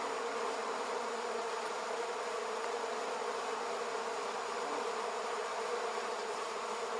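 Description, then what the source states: Bee buzzing as a continuous, even swarm drone, thick and humming, with no pauses or other clear sounds. Bees in an almond orchard.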